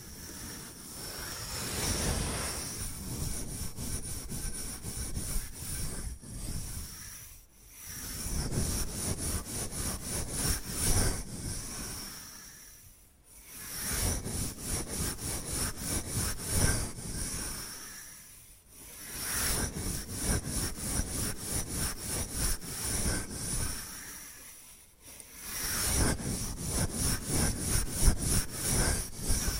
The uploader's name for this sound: Bamboo Tapping, Scratching and Brushing Sounds